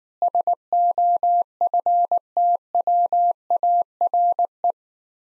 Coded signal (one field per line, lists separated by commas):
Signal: Morse code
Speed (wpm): 19 wpm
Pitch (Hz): 700 Hz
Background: none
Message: SOFTWARE